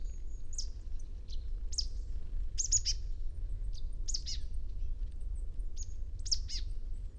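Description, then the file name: Marsh tit calls, thin high sharp notes given singly and in pairs, against a low steady hum. "Poecile palustris"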